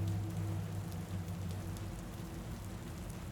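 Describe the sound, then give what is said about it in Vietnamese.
Steady, dense rain pours down in a continuous hiss with scattered patter, over a low droning hum, unbroken throughout and with no voices. “Mưa vẫn thét gạo không ngớt.”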